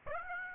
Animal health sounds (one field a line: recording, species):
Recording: mosquito wingbeat signal from an infrared sensor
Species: Aedes aegypti